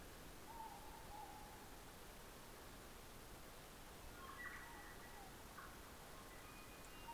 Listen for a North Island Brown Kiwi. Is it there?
no